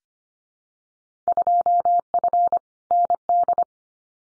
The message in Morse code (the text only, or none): 2F ND